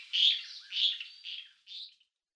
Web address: Schulze Peter White-rumped Swift